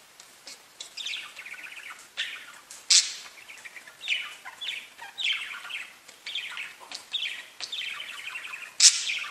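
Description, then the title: Budgerigar chattering, rapid chirps and descending warbled notes with a few sharp clicks. "Budgie Sounds"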